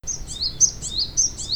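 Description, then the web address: Japanese tit giving a high, thin two-note phrase repeated a few times, the second note of each lower than the first, over a low background rumble. "Parus minor"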